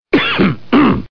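Two harsh, noisy bursts about half a second apart, each with a rough, throaty voiced edge, sounding partly like throat clearing. Together they form a short double cough in an adult.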